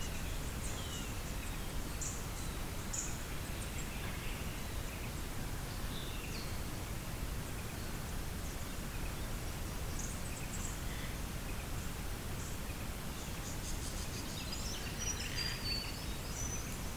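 Early morning bird song by the Isabella River, the calls thin and high, scattered across the whole stretch and busiest near the end. Beneath them a steady, dense rush of low water noise holds constant throughout.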